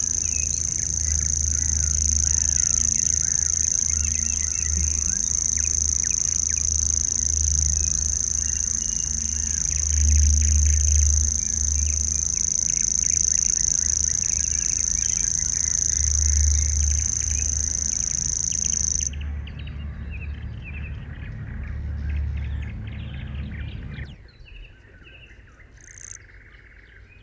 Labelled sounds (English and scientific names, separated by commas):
Common Grasshopper Warbler (Locustella naevia) song